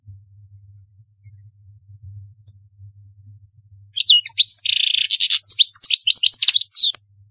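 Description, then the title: European goldfinch song: after a few seconds of low hum, a burst of rapid twittering with a harsh buzzy note and quick descending chirps. "Chant Chardonneret"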